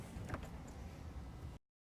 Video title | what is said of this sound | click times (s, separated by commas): How to Install Gator FX Hard Folding Tonneau Cover on a 2015 F-150 | here the latches engage when it locks into the rail | 0.3 s